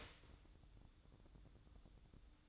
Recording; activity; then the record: daily activity, microphone in the room; start toaster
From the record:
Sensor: 3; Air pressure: 1007.1 hPa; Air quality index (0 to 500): 55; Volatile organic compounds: 1 ppm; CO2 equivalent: 593 ppm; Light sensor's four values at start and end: 8/18/7/7 and 8/18/7/7